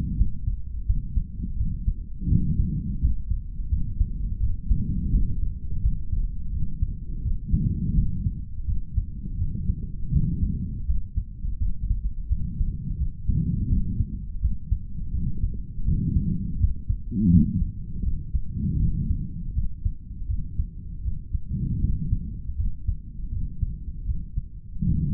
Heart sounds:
heart sounds by stethoscope; 83 bpm
0.17 s: heartbeat
0.86 s: heartbeat
1.57 s: heartbeat
2.29 s: heartbeat
3.00 s: heartbeat
3.69 s: heartbeat
4.40 s: heartbeat
5.11 s: heartbeat
5.81 s: heartbeat
6.51 s: heartbeat
7.22 s: heartbeat
7.94 s: heartbeat
8.66 s: heartbeat
9.37 s: heartbeat
10.11 s: heartbeat
10.86 s: heartbeat
11.58 s: heartbeat
12.28 s: heartbeat
12.97 s: heartbeat
13.68 s: heartbeat
14.40 s: heartbeat
15.11 s: heartbeat
15.84 s: heartbeat
16.58 s: heartbeat
17.30 s: heartbeat
18.03 s: heartbeat
18.79 s: heartbeat
19.54 s: heartbeat
20.27 s: heartbeat
21.02 s: heartbeat
21.80 s: heartbeat
22.56 s: heartbeat
23.30 s: heartbeat
24.05 s: heartbeat
24.83 s: heartbeat
From the record:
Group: healthy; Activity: rest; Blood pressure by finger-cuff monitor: 136/99 mmHg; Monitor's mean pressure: 111 mmHg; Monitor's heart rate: 83 bpm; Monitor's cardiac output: 3.7 L/min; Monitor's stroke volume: 45 mL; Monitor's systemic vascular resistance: 2240 dyn s/cm5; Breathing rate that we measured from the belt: 22 breaths a minute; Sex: male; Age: 55 years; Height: 167 cm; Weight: 57.2 kg

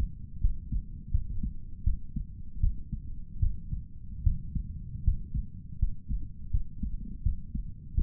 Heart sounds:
heart sounds by stethoscope; 80 bpm
0.40 s: heartbeat
1.11 s: heartbeat
1.83 s: heartbeat
2.60 s: heartbeat
3.39 s: heartbeat
4.23 s: heartbeat
5.04 s: heartbeat
5.79 s: heartbeat
6.51 s: heartbeat
7.23 s: heartbeat
7.94 s: heartbeat
From the record:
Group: healthy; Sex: male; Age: 35 years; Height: 178 cm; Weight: 64 kg

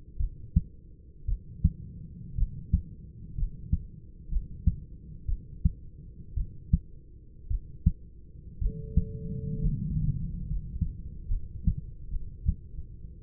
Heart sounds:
heart sounds by stethoscope; 60 bpm
0.18 s: heartbeat
1.26 s: heartbeat
2.36 s: heartbeat
3.36 s: heartbeat
4.29 s: heartbeat
5.26 s: heartbeat
6.35 s: heartbeat
7.48 s: heartbeat
8.59 s: heartbeat
9.59 s: heartbeat
10.46 s: heartbeat
11.28 s: heartbeat
12.10 s: heartbeat
From the record:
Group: healthy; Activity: rest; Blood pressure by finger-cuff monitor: 141/69 mmHg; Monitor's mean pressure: 90 mmHg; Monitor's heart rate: 60 bpm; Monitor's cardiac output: 6 L/min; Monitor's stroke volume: 101 mL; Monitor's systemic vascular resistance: 1080 dyn s/cm5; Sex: male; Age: 25 years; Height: 170 cm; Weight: 70.4 kg

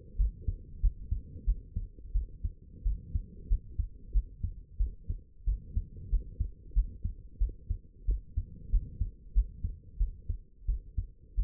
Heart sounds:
heart sounds by stethoscope; 91 bpm
0.17 s: heartbeat
0.81 s: heartbeat
1.45 s: heartbeat
2.13 s: heartbeat
2.84 s: heartbeat
3.48 s: heartbeat
4.12 s: heartbeat
4.78 s: heartbeat
5.45 s: heartbeat
6.10 s: heartbeat
6.74 s: heartbeat
7.39 s: heartbeat
8.06 s: heartbeat
8.71 s: heartbeat
9.34 s: heartbeat
9.98 s: heartbeat
10.67 s: heartbeat
11.36 s: heartbeat
From the record:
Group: healthy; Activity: rest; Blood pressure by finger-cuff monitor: 85/59 mmHg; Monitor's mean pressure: 72 mmHg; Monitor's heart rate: 92 bpm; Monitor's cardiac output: 7.7 L/min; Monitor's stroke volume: 84 mL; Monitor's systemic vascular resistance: 670 dyn s/cm5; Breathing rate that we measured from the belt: 22 breaths a minute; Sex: female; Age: 22 years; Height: 161 cm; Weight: 65.5 kg

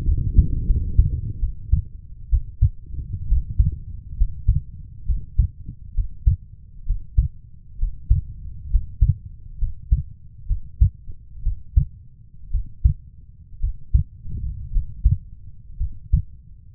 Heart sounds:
heart sounds by stethoscope; 65 bpm
0.05 s: heartbeat
0.66 s: heartbeat
1.40 s: heartbeat
2.29 s: heartbeat
3.28 s: heartbeat
4.16 s: heartbeat
5.05 s: heartbeat
5.94 s: heartbeat
6.85 s: heartbeat
7.78 s: heartbeat
8.69 s: heartbeat
9.58 s: heartbeat
10.46 s: heartbeat
11.42 s: heartbeat
12.50 s: heartbeat
13.59 s: heartbeat
14.71 s: heartbeat
15.77 s: heartbeat
From the record:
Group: healthy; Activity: Valsalva maneuver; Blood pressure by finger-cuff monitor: 104/68 mmHg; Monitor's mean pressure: 79 mmHg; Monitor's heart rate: 64 bpm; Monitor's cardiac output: 4.8 L/min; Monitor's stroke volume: 74 mL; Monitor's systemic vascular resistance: 1140 dyn s/cm5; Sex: female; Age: 23 years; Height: 160 cm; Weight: 50.4 kg

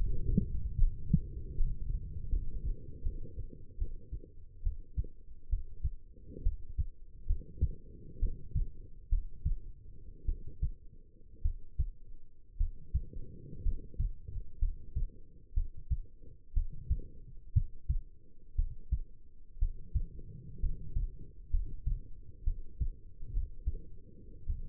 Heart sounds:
heart sounds by stethoscope; 63 bpm
0.74 s: heartbeat
1.54 s: heartbeat
2.29 s: heartbeat
3.02 s: heartbeat
3.77 s: heartbeat
4.62 s: heartbeat
5.49 s: heartbeat
6.43 s: heartbeat
7.26 s: heartbeat
8.19 s: heartbeat
9.09 s: heartbeat
10.25 s: heartbeat
11.42 s: heartbeat
12.57 s: heartbeat
13.62 s: heartbeat
14.59 s: heartbeat
15.54 s: heartbeat
16.53 s: heartbeat
17.53 s: heartbeat
18.55 s: heartbeat
19.58 s: heartbeat
20.60 s: heartbeat
21.50 s: heartbeat
22.44 s: heartbeat
23.32 s: heartbeat
24.46 s: heartbeat
From the record:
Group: healthy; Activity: rest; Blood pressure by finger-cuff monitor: 122/79 mmHg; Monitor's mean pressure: 93 mmHg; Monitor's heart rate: 64 bpm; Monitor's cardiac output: 5.1 L/min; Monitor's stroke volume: 82 mL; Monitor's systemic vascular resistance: 1350 dyn s/cm5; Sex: female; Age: 22 years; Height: 171 cm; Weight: 65.6 kg

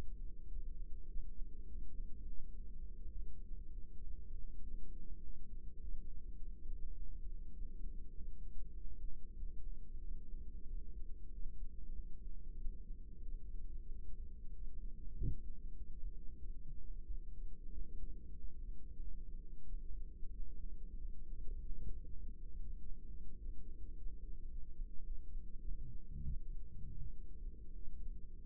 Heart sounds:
heart sounds by microphone in the right ear; 97 bpm
0.47 s: heartbeat
1.07 s: heartbeat
1.66 s: heartbeat
2.25 s: heartbeat
2.83 s: heartbeat
3.42 s: heartbeat
4.02 s: heartbeat
4.62 s: heartbeat
5.21 s: heartbeat
5.79 s: heartbeat
6.36 s: heartbeat
6.94 s: heartbeat
7.53 s: heartbeat
8.12 s: heartbeat
8.72 s: heartbeat
9.34 s: heartbeat
9.99 s: heartbeat
10.65 s: heartbeat
11.30 s: heartbeat
11.93 s: heartbeat
12.57 s: heartbeat
13.22 s: heartbeat
13.87 s: heartbeat
14.51 s: heartbeat
15.14 s: heartbeat
15.75 s: heartbeat
16.37 s: heartbeat
17.02 s: heartbeat
17.70 s: heartbeat
18.35 s: heartbeat
18.99 s: heartbeat
19.65 s: heartbeat
20.30 s: heartbeat
20.96 s: heartbeat
21.60 s: heartbeat
22.21 s: heartbeat
22.79 s: heartbeat
23.36 s: heartbeat
23.92 s: heartbeat
24.47 s: heartbeat
25.02 s: heartbeat
25.59 s: heartbeat
26.24 s: heartbeat
26.98 s: heartbeat
27.72 s: heartbeat
28.40 s: heartbeat
From the record:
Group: healthy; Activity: rest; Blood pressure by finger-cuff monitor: 101/54 mmHg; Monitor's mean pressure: 72 mmHg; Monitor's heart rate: 98 bpm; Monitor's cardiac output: 9.1 L/min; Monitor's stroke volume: 93 mL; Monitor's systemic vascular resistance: 560 dyn s/cm5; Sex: female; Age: 24 years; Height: 163 cm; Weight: 55.7 kg

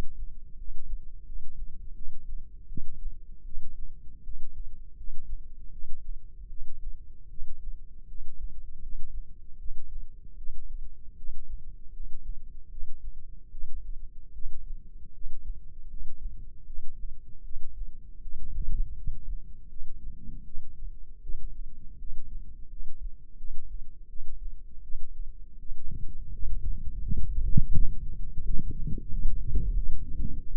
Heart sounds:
heart sounds by microphone in the left ear; 81 bpm
0.56 s: heartbeat
1.24 s: heartbeat
1.94 s: heartbeat
2.67 s: heartbeat
3.43 s: heartbeat
4.22 s: heartbeat
4.95 s: heartbeat
5.70 s: heartbeat
6.48 s: heartbeat
7.28 s: heartbeat
8.06 s: heartbeat
8.80 s: heartbeat
9.57 s: heartbeat
10.36 s: heartbeat
11.15 s: heartbeat
11.91 s: heartbeat
12.69 s: heartbeat
13.50 s: heartbeat
14.32 s: heartbeat
15.12 s: heartbeat
15.88 s: heartbeat
16.65 s: heartbeat
17.42 s: heartbeat
18.20 s: heartbeat
18.95 s: heartbeat
19.68 s: heartbeat
20.43 s: heartbeat
21.21 s: heartbeat
21.97 s: heartbeat
22.68 s: heartbeat
23.36 s: heartbeat
24.07 s: heartbeat
24.81 s: heartbeat
25.58 s: heartbeat
26.30 s: heartbeat
27.00 s: heartbeat
27.72 s: heartbeat
28.42 s: heartbeat
29.10 s: heartbeat
29.74 s: heartbeat
30.36 s: heartbeat
From the record:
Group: healthy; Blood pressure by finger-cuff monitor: 97/65 mmHg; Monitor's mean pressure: 74 mmHg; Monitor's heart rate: 78 bpm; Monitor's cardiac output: 5.9 L/min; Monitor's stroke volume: 75 mL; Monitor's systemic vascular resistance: 910 dyn s/cm5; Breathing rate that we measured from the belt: 8 breaths a minute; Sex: female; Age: 19 years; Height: 163 cm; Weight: 51 kg

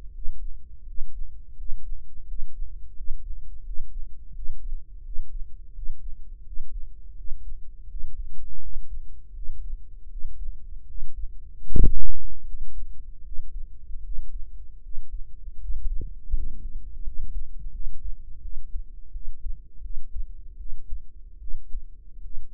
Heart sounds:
heart sounds by microphone in the right ear; 81 bpm
0.11 s: heartbeat
0.84 s: heartbeat
1.55 s: heartbeat
2.25 s: heartbeat
2.94 s: heartbeat
3.62 s: heartbeat
4.32 s: heartbeat
5.02 s: heartbeat
5.72 s: heartbeat
6.43 s: heartbeat
7.14 s: heartbeat
7.87 s: heartbeat
8.59 s: heartbeat
9.32 s: heartbeat
10.08 s: heartbeat
10.85 s: heartbeat
11.64 s: heartbeat
12.44 s: heartbeat
13.22 s: heartbeat
14.01 s: heartbeat
14.80 s: heartbeat
15.58 s: heartbeat
16.32 s: heartbeat
17.02 s: heartbeat
17.69 s: heartbeat
18.39 s: heartbeat
19.10 s: heartbeat
19.80 s: heartbeat
20.56 s: heartbeat
21.37 s: heartbeat
22.20 s: heartbeat
From the record:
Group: healthy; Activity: Valsalva maneuver 0-19 s, rest 19-23 s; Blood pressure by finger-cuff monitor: 93/60 mmHg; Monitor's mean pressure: 71 mmHg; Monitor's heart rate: 83 bpm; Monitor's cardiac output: 6.6 L/min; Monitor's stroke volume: 80 mL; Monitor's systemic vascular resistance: 780 dyn s/cm5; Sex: female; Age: 19 years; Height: 163 cm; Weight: 48.9 kg

